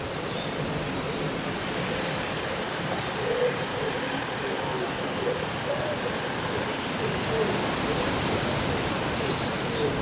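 Wind moves through leaves on a summer day, making a steady, dense rustling hiss that fills the whole clip with only slight swells in loudness. Faint, brief bird chirps surface now and then, around the middle and near the end.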